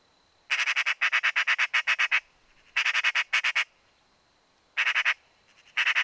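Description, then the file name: Eurasian magpie chattering loudly, a long harsh rattle of rapid notes followed by shorter rattling bursts with brief pauses between. "Pica pica"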